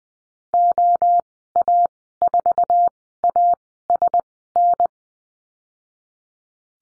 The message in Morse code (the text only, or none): OA4ASN